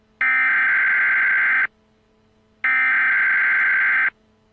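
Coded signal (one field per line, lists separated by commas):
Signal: Emergency Alert System (SAME) tones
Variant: header bursts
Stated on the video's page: Fictional scenario alert, not a real broadcast.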